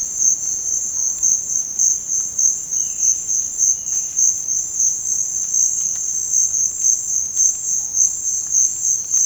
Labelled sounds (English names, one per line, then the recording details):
none
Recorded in dense forest near Puerto Asís, Putumayo, Colombia, on 26 December 2024 at 06:30
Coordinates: 0.481, -76.323
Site G100